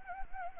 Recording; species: mosquito wingbeat signal from an infrared sensor; Anopheles arabiensis